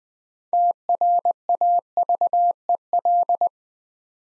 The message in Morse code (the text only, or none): TRAVEL